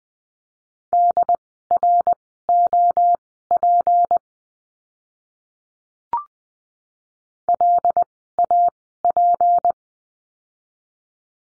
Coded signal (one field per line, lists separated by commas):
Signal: Morse code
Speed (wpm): 20 wpm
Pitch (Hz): 700 Hz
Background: none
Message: DROP LAP